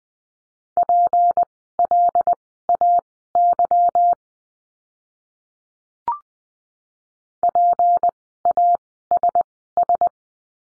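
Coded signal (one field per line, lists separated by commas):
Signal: Morse code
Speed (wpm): 20 wpm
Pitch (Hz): 700 Hz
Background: none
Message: PLAY PASS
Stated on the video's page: Morse lesson practicing words with the letter P, sent at Farnsworth speed 20/10 wpm.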